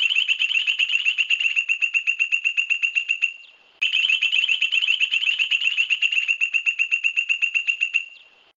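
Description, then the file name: Point-tailed palmcreeper song: a loud, rapid series of ringing notes fading at the end, then a brief pause before a similar series begins. "Canto do limpa folha do buriti"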